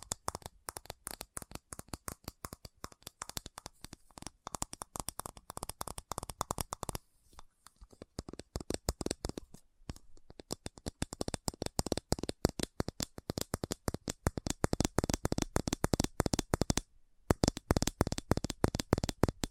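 Fast, dense tapping in rapid bursts of sharp clicks, pausing briefly near seven and seventeen seconds before resuming at a quick, uneven pace.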